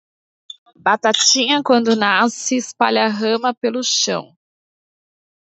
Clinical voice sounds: short text; Brazilian Portuguese; female; 40 to 49 years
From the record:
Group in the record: control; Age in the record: 40 years

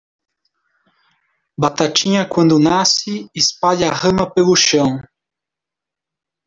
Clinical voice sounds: short text; Brazilian Portuguese; male; 30 to 39 years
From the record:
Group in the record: control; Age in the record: 30 years

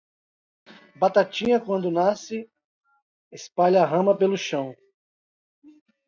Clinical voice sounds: short text; Brazilian Portuguese; male; 40 to 49 years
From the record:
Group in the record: control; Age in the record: 42 years

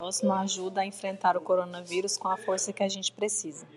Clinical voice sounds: spoken sentence; Brazilian Portuguese; female; 30 to 39 years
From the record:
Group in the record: control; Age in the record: 35 years

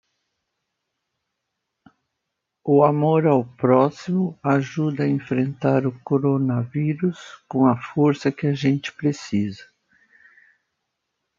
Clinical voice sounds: spoken sentence; Brazilian Portuguese; female; 60 to 69 years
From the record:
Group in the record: control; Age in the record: 68 years

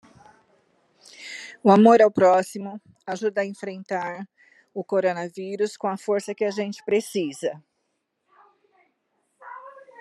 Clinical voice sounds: spoken sentence; Brazilian Portuguese; female; 50 to 59 years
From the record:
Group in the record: control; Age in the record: 56 years

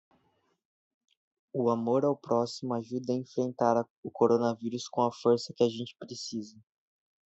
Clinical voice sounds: spoken sentence; Brazilian Portuguese; male; 18 to 19 years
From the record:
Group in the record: control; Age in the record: 18 years

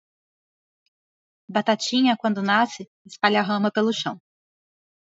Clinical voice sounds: short text; Brazilian Portuguese; female; 20 to 29 years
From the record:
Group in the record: control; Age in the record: 27 years

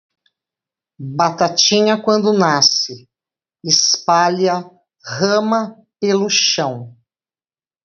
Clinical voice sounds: short text; Brazilian Portuguese; female; 50 to 59 years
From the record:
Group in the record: control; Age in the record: 57 years

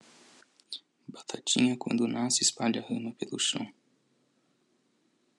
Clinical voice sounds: short text; Brazilian Portuguese; male; 30 to 39 years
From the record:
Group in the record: control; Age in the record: 37 years

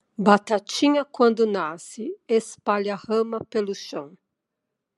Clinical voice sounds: short text; Brazilian Portuguese; female; 50 to 59 years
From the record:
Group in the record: control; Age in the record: 58 years

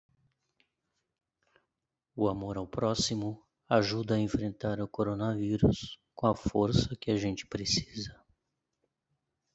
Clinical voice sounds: spoken sentence; Brazilian Portuguese; male; 50 to 59 years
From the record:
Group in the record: control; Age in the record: 51 years

